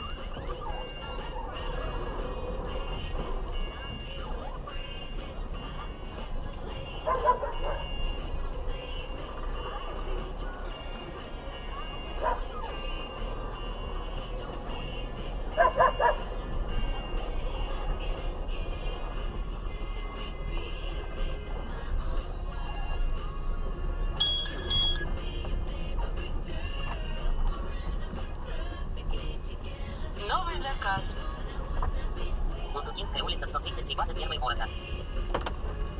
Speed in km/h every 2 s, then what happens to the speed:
5, 6, 7, 6, 5, 8, 6, 6, 7, 9, 9, 10, 9, 9, 9, 10, 11, 11.
0-36 steady at about 8.